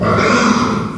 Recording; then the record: squeal of a Yucatan mini pig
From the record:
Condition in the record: after surgery on the right vocal fold (resection and tissue-engineered implant); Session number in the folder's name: 16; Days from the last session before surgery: 183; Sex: female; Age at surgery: 19 weeks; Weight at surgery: 25 kg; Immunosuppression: prednisolone